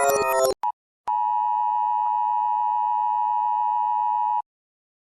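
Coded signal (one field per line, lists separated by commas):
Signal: Emergency Alert System (SAME) tones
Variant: 853 and 960 Hz attention tone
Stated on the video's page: Country EAS alarm tones played in reverse.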